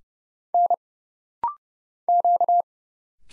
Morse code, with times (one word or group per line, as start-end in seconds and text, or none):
0.5-0.7 N
2.1-2.6 Q